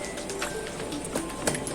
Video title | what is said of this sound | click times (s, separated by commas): How to Replace the HDD in a Panasonic Toughbook CF-53 - Step-by-Step Guide #ToughbookCF53 #HDD | कैडी को connect करके install कर दिए, ये lock हो गया। | 1.5 s